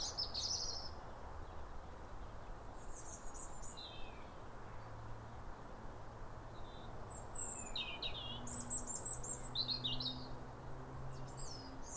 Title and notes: Sound Escape 150: Be uplifted by a chorus of New Year's robins. A pair of robins in neighbouring gardens welcome the early sun with wistful phrases as if chatting over the fence. It's a duet to warm the soul in the depths of winter. Recorded by Fergus Collins